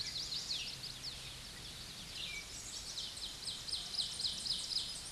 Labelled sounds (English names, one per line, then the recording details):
Ovenbird song
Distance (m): 30 m
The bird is about level with the microphone
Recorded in a Pennsylvania forest on 16 May 2024 at 07:28
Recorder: AudioMoth, point MSD-1418
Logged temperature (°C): 16.4 °C
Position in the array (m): 242 m, 179 m